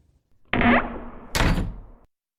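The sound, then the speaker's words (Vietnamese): A room door closes in two parts: a creaking swing with a short squeal, then a solid, heavy thunk as it shuts, followed by a brief rattle fading out. No one speaks. “Cánh cửa phòng vừa khép lại thì hai hàng nước mắt của Joanna cũng vội rơi”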